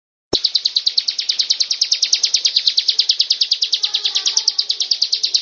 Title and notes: Suara Kicau Burung Prenjak Lengkap dan Ngerol